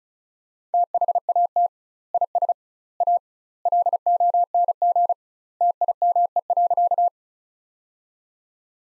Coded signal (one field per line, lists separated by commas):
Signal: Morse code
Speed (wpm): 34 wpm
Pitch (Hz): 700 Hz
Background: none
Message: THAT IS A LONG TIME.